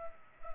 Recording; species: mosquito wingbeat signal from an infrared sensor; Culex pipiens